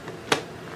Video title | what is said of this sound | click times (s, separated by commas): Spray Mop | emptied out and then snaps back into place when you're ready to use it again | 0.3 s